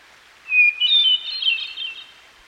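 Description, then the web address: Hermit thrush singing: one long whistled note that breaks into a reverberant, spiralling cascade of pure tones, with continuous stream sound behind. By a stream. "Dan Gibson Songbirds By The Stream. Hermit Thrush"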